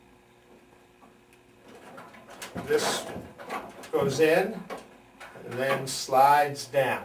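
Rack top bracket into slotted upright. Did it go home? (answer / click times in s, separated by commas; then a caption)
no / none. The metal top piece of a mop and broom rack is brought to the slotted upright and lined up to be inserted and slid down to lock. Faint handling taps are heard around 1.3 s and 2.0 s while someone talks. Nothing has seated or clicked yet.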